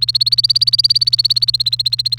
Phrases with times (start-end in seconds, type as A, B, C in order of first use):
0.00-2.18 A